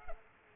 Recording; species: mosquito wingbeat signal from an infrared sensor; Culex pipiens